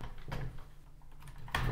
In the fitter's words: la goupille c'est bien enclenchée et on peut visser comme